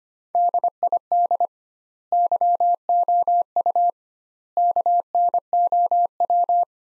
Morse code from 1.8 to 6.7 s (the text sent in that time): YOU KNOW